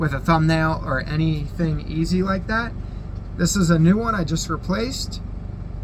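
A newly replaced spring hinge on the blade of a pair of hair clippers is handled; it is too firm to open with a thumbnail, unlike the worn-out, broken one. Someone talks throughout over a steady low background hum, and the hinge has not yet snapped closed or clicked.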